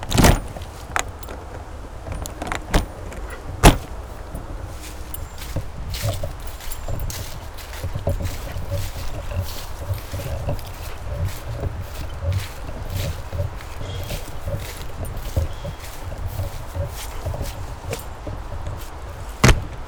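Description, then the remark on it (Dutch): Several sharp thuds and clunks as the doors of all the caravans on a field are shut, separated by long gaps, over a steady low rumble with light rattling, jangling and shuffling footsteps in between. “Dus de deuren zijn dicht nu van alle caravans, maar ja, daar, de ramen staan open natuurlijk.”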